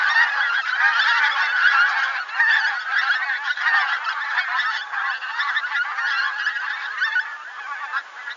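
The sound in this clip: Bird honking calls from many birds at once, a dense, continuous clamour of nasal honks overlapping throughout, with no pauses.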